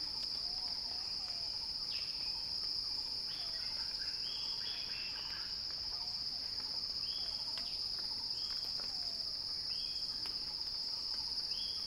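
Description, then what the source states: Cicada drone, shrill and constant for the whole stretch, while short bird whistles come and go behind it. Recorded by Axel Drioli; described as a cicada crescendo.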